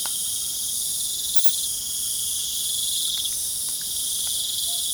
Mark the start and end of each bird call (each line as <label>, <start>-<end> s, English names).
Tropical Screech-Owl, 4.14-4.90 s